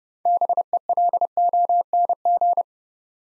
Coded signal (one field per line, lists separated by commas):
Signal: Morse code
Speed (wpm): 28 wpm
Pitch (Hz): 700 Hz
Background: none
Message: BELONG